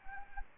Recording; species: mosquito wingbeat signal from an infrared sensor; Anopheles gambiae